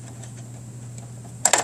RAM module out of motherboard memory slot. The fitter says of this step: And it pops right out.